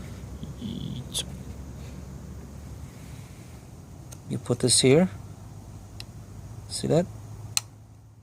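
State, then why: Released. On a VW Passat B5 TDI engine, being worked on to fix a black smoke problem, a tool or hand is placed on a retaining clip of the intake pipe or hose while someone talks. The clip gives one sharp click at 7.6 s and releases open, and the part is then pulled off.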